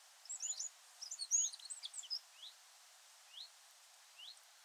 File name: Troglodytes troglodytes